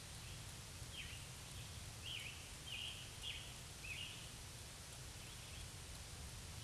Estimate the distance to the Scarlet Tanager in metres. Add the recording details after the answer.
about 70 m. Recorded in a Pennsylvania forest on 1 June 2023 at 08:06. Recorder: AudioMoth, point grid3_14_low. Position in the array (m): 161 m, 143 m